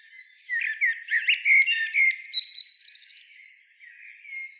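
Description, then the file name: Common blackbird delivering a single dense phrase of whistles and rapid high chirps that fades into a soft, thin trailing note. "Turdus merula"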